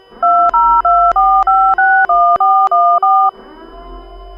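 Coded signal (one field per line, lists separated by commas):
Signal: DTMF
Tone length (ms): 300 ms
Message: 2024561414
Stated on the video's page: Fictional EAS scenario.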